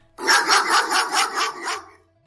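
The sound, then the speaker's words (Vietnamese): A dog, among four dogs led by guards and tied to a tree, barks in a quick, steady burst of about six loud, harsh barks, evenly spaced, with no voices. “Lúc này, phía đối diện chợt vang lên tiếng chó sủa.”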